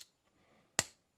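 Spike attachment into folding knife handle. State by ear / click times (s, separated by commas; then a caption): seated / 0.8 s. A spike attachment with bar cutouts is pressed onto the inner handle of a folding knife until it clicks in place on both sides. After a quiet stretch of faint handling noise, a single sharp, bright click lands at 0.8 s, with a very faint tick at the very start. The attachment is seated snugly with no movement.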